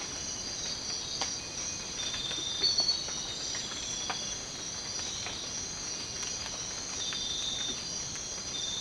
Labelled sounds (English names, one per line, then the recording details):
none
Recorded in dense forest near Puerto Asís, Putumayo, Colombia, on 19 March 2025 at 04:00
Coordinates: 0.500, -76.322
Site GP06